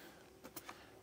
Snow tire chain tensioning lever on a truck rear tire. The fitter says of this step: until I hear a click it's pretty faint